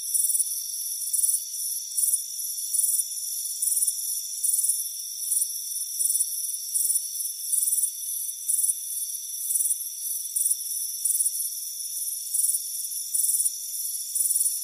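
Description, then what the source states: Crickets chirping in repeated high bursts over a persistent ringing background trill. Crickets chirping on a warm afternoon by a front porch.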